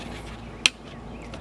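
A plastic nozzle tube is pushed onto an Ego 580 cordless leaf blower and snaps on with one sharp, bright click at 0.7 s. A faint secondary tick follows at 1.3 s over a low background hum. The nozzle is seated.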